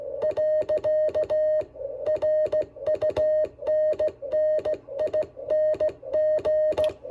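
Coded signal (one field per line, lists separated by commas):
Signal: Morse code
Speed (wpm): 16 wpm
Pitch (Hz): 620 Hz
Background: music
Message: . RUNNING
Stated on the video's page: SKCC CW contact using a Venus SW-3B at 5 watts, cobweb antenna at 18 feet, Kent straight key.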